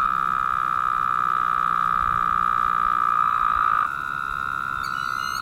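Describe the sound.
Woodhouse's toads producing a constant nasal drone that shifts and softens after about four seconds, with a single high chirp at the close.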